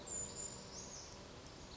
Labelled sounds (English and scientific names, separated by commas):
Brown Creeper (Certhia americana)